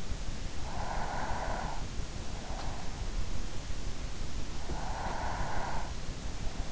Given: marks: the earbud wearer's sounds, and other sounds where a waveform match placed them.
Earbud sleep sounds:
sounds in sleep by an in-ear microphone; breath
0.44-2.27 s: breath
4.44-6.38 s: breath

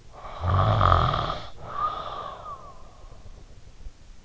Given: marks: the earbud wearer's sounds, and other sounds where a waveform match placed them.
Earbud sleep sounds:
sounds in sleep by an in-ear microphone; snoring breath
0.04-3.45 s: snoring breath

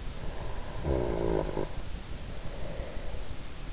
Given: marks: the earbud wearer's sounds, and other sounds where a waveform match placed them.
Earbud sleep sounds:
sounds in sleep by an in-ear microphone; snoring breath
0.15-3.41 s: snoring breath

